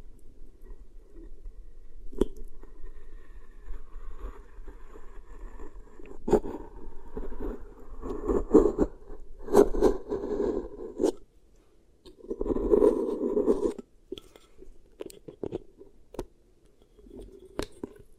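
Beeswax is pressed and worked in sticky, squishing bursts, with crackly, chewing-like textures that thicken from about 6 to 11 seconds and again from 12 to 14. Sharp clicks and snaps punctuate it irregularly, over a faint, steady low rumble.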